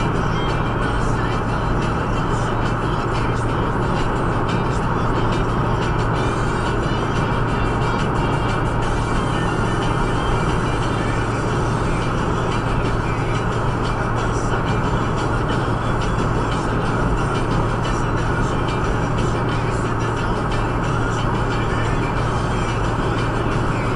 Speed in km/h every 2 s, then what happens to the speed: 108, 108, 108, 108, 108, 108, 108, 108, 108, 108, 108, 108.
0-24 steady at about 108.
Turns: none.